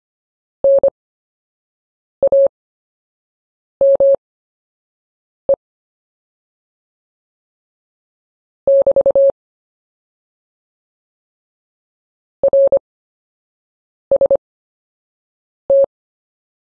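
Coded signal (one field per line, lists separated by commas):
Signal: Morse code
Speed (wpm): 25 wpm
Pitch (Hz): 550 Hz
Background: none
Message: NAME <BT> RST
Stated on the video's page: Slow-speed Morse drill of common CW anchor words for recovering in a QSO.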